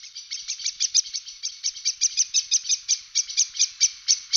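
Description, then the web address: Thrush giving a steady run of quick, high, chirping notes repeated about five times per second without a break for four seconds. "Drozd"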